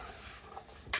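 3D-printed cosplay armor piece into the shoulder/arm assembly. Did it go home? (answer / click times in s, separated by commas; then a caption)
yes / 0.9 s. A 3D-printed plastic Iron Man Mark 7 armor piece is set onto the suit's shoulder and arm assembly next to the shoulder piece. After quiet rustling and a faint tap, it seats with a sharp plastic knock at 0.9 seconds and locks into place.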